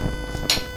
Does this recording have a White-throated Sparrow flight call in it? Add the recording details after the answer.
no. No flight call is heard. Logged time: 23:53 on 2 September 2014